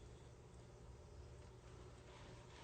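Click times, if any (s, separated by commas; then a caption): none. A gemstone is slipped into position in the metal prong setting of a jewelry piece, lined up before being pressed home. Only a steady low background hum is heard, with no sudden sounds. The stone has not snapped in yet, and no click has occurred.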